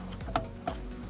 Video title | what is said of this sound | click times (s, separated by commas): HYUNDAI ELANTRA LOW BEAM HEADLIGHT BULB REPLACEMENT 2011 2012 2013 2014 2015 2016 | You just push in until it clicks. | 0.4 s